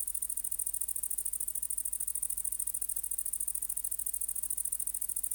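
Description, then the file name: Great green bush-cricket song, a loud, high, buzzy stridulation held without a break, pulsing rapidly and evenly throughout, over a faint low steady hum. "Tettigonia viridissima"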